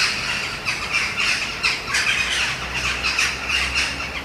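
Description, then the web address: Eurasian jackdaw calls, a dense chorus of short harsh squawking notes overlapping continuously, several birds calling at once with steady background hiss. "wroblowe ptaki kawki"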